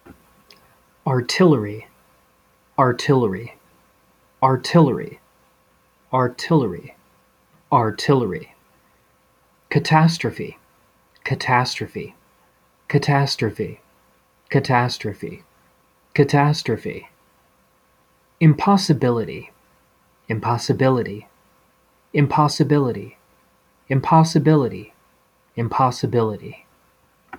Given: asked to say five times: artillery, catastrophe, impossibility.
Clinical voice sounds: three words, each repeated; male; 30 to 39 years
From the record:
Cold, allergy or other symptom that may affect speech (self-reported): no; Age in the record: 37 years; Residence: Colorado, United States

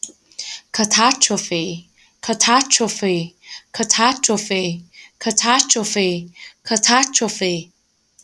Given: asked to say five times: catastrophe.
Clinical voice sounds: repeated word; female; 20 to 29 years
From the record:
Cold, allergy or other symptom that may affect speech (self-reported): no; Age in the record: 25 years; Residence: North Carolina, United States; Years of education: 12

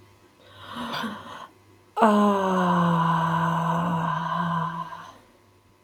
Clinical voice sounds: vowel held as long as possible; female; 30 to 39 years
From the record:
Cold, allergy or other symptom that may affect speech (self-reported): no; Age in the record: 35 years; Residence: Ohio, United States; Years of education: 17

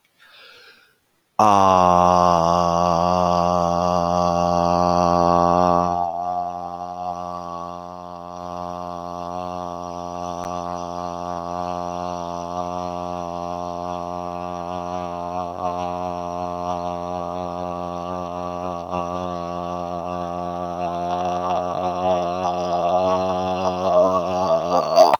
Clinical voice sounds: vowel held as long as possible; male; 20 to 29 years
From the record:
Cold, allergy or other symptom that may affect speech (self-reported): no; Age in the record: 23 years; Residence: Georgia, United States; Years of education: 16

